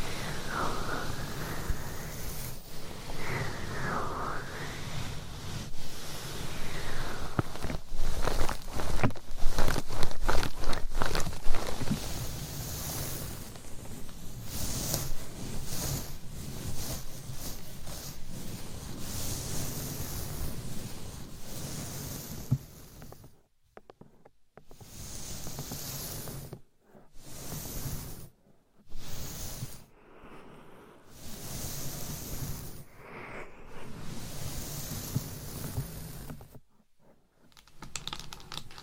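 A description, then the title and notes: Long nails scratch and tap on a binaural mic, making dense, crackly scraping with rapid clicky taps that sound a bit like typing. The sound is busiest in the first twelve seconds, then thins out, breaking into bursts separated by short silences after about 23 seconds. ASMR Binaural Mic Scratching , Tapping & Massage BEJEWELED MIC & Long Nails No Talking.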